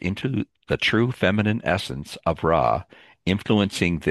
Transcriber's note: none